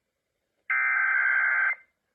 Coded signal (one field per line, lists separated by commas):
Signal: Emergency Alert System (SAME) tones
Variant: header bursts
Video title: [EAS #47-#48] Very late Riverside & San Bernardino testing stuff from spring break 💀